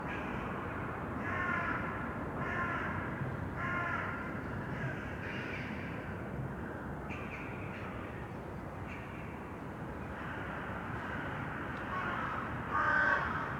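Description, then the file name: Crows cawing, a string of harsh caws early on, then sparser calls. Crows recorded in an urban setting. "Detunized - Urban Crows"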